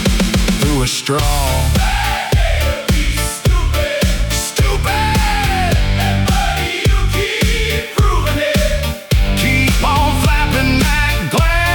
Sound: spoken, showman